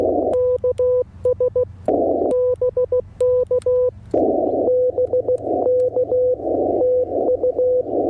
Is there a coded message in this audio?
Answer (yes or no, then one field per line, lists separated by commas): yes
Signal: Morse code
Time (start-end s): 0.3-7.8 s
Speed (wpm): 16 wpm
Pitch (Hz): 500 Hz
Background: none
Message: KS BK BK TU